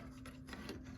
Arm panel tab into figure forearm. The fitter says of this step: All right, and then the nice little click noises. Tabs in pretty well there.